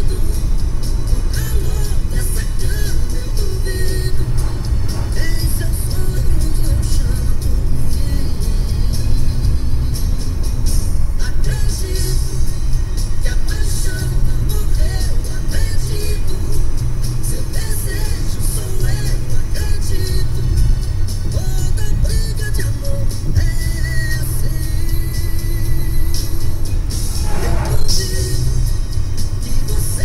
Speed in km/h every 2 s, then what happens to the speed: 94, 93, 97, 100, 98, 95, 92, 90, 87, 89, 89, 88, 87, 85, 87.
0-6 steady at about 94. 6-15 slows to 87. 15-30 steady at about 87.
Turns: none.